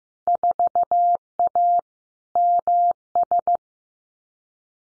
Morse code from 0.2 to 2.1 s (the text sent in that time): 4A